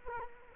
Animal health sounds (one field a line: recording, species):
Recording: mosquito wingbeat signal from an infrared sensor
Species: Culex quinquefasciatus